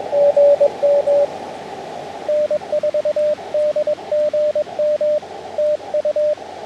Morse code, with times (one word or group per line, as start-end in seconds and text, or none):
0.2-1.3 GM
2.3-5.2 N4DGM
5.6-6.3 TU